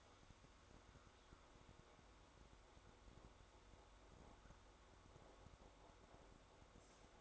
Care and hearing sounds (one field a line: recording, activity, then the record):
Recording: daily activity, microphone in the room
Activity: make coffee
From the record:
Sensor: 3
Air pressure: 1004.2 hPa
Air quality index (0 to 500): 199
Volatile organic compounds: 15 ppm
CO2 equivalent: 2497 ppm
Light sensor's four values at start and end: 5/12/4/4 and 5/12/4/4